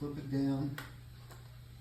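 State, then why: Not seated. A plastic strap clip on a back brace is flipped down toward its buckle while someone talks. Faint taps follow at about 0.8 s and 1.3 s, but the clip does not catch, and nothing has clicked into the buckle yet.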